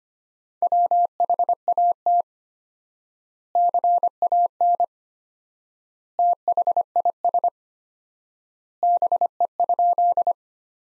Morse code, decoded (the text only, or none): WHAT CAN THIS BE?